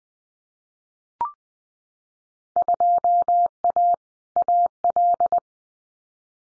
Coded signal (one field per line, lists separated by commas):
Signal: Morse code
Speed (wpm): 20 wpm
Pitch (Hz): 700 Hz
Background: none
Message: 2A AL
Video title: Field Day Exchange 20wpm